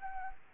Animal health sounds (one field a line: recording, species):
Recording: mosquito wingbeat signal from an infrared sensor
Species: Anopheles gambiae